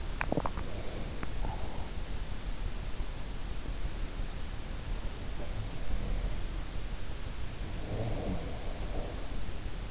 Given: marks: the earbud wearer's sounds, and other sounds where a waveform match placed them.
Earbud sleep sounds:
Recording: sounds in sleep by an in-ear microphone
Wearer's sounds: swallowing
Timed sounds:
0.00-1.75 s: swallowing

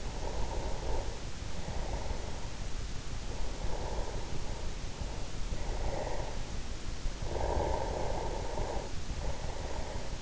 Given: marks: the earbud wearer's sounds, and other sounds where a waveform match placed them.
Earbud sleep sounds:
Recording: sounds in sleep by an in-ear microphone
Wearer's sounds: breath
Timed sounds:
0.00-2.82 s: breath
3.30-6.56 s: breath
7.15-10.22 s: breath

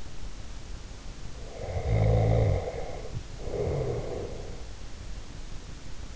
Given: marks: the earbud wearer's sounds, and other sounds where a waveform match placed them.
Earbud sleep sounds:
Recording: sounds in sleep by an in-ear microphone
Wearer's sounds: snoring breath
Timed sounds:
1.63-4.43 s: snoring breath

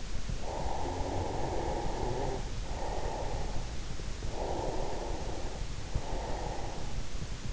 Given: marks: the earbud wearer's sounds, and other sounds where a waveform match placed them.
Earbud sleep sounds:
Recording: sounds in sleep by an in-ear microphone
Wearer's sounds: snoring breath, breath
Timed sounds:
0.38-3.89 s: snoring breath
4.41-7.53 s: breath

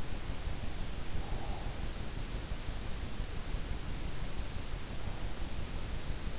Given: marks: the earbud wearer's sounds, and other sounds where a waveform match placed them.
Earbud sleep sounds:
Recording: sounds in sleep by an in-ear microphone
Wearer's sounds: breath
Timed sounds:
0.52-2.18 s: breath

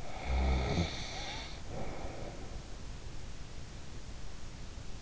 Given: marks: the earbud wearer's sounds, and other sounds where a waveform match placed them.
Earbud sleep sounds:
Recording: sounds in sleep by an in-ear microphone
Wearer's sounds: snoring breath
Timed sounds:
0.14-2.60 s: snoring breath

